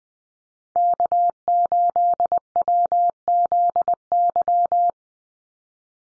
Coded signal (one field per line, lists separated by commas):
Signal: Morse code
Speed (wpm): 20 wpm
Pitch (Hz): 700 Hz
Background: none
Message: K8WZY